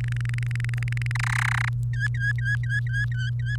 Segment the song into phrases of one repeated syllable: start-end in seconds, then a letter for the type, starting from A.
0.00-1.12 A, 1.15-1.69 B, 1.93-3.56 C